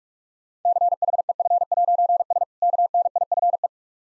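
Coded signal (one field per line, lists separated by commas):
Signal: Morse code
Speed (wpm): 46 wpm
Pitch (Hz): 700 Hz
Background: none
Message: CHEF'S KNIFE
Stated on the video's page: Morse code practice of difficult words at 45 wpm, with contextual hints.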